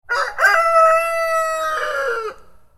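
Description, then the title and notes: Chicken: rooster crowing once: a loud, harmonic cock-a-doodle-doo lasting over two seconds, with broken opening notes, then a long held tone that falls slightly at the end. Rooster crowing, a call given especially in the early morning. "Crow Of A Rooster. Alexander"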